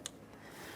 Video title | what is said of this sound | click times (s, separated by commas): How to Replace Ignition Coils 2012-2018 Nissan Altima (2.5L) | We'll make sure we have the locking tab facing up, align it, and press it in. Listen for a click, give it a light tug, trying to separate it from the ignition coil. | 0.1 s